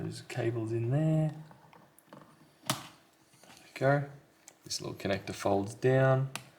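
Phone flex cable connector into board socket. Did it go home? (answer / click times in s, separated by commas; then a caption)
no / none. During a screen and frame replacement on a Samsung Galaxy A23, cables are handled inside the phone frame and a small flex cable connector is folded down toward its board socket while someone talks. Faint ticks of handling are heard around 1.7 to 2.2 seconds, with a sharper tap at 2.7 seconds. The connector has not seated or clicked into position yet.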